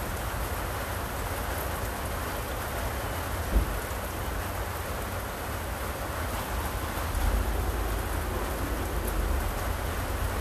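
Rain falls in a steady, dense hiss that holds evenly across the whole stretch, over a strong low rumble underneath. A single sharp tap lands near the three-and-a-half second mark, and the sound swells slightly around seven to eight seconds.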